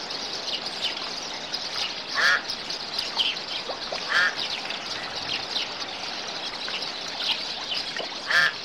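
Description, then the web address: Bird: a busy chorus of birds chattering continuously, broken by louder rasping calls at roughly two, four and eight seconds. "animali uccelli uccelli birds"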